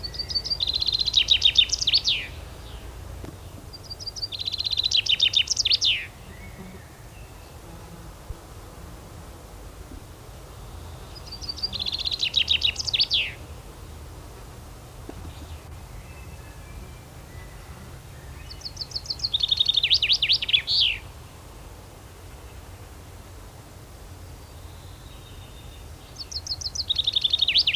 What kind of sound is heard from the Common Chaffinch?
song